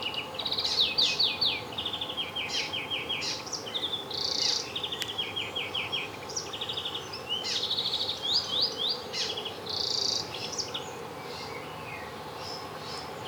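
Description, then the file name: European greenfinch singing a long sequence of rapid trilled phrases and brief twitters, falling quieter near the end, with constant faint background hiss. "Chloris chloris"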